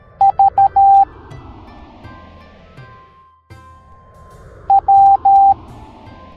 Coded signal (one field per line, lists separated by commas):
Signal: Morse code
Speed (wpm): 13 wpm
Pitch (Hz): 790 Hz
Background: music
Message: V W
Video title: Morse Code Alphabet Lucky Cat Parade